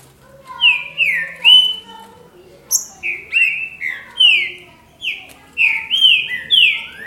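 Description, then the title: Green-winged saltator song: rich whistled notes slurring downward, given in quick phrases with a brief pause midway. "Trinca Ferro"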